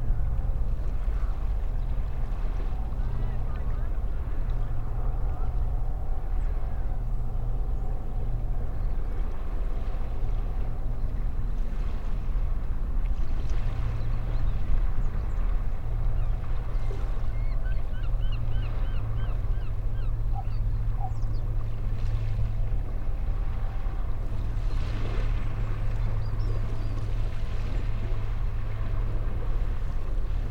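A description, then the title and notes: Calm sea ambience at Woodhill Bay, Portishead, with the tide far out. A steady low engine-like hum runs throughout, swelling slightly in places, while faint, brief chirps and soft splashy sounds surface now and then, most noticeably around 17, 22 and 25 seconds. Portishead Waves Ambience. Field recordings made at Woodhill Bay, Portishead. The tide was quite far out, and the sea calm. Gear: Sony PCM-M10.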